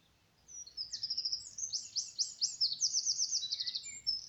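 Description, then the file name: Eurasian wren song: a sudden, vigorous stream of piercing high notes and rapid trills running for over three seconds, with a few faint lower chirps near the end. "Troglodytes troglodytes"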